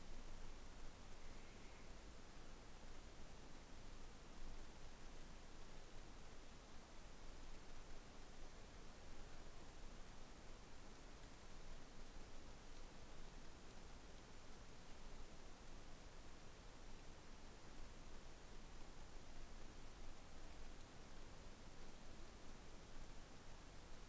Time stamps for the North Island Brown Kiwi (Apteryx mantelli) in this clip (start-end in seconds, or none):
none